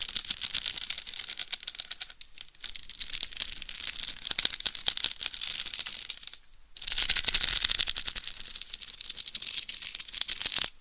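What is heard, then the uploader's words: Dense scratching and rapid tapping on a head microphone, crisp and bright with a constant crackle of tiny clicks. The sound drops out briefly near the two-second mark and again just before seven seconds, then returns louder and busier. ASMR Binaural Head Mic Scratching & Tapping INTENSE Head & Scalp Massage. No Talking.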